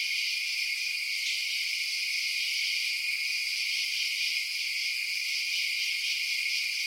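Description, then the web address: Insects sing a steady high-pitched chorus, dense overlapping buzzes and trills holding at an even level throughout. Night insect ambience outdoors at night. "Sound Effects-Blast Wave Update 3 Night Insects"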